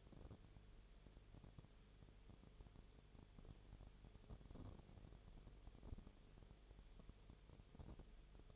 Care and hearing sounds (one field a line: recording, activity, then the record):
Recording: daily activity, microphone in the room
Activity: no activity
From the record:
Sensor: 4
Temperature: 22.0 degrees Celsius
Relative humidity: 29.6%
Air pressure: 1002.1 hPa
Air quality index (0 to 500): 60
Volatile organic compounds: 1 ppm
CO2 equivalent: 612 ppm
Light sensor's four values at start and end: 2/3/1/1 and 2/3/1/1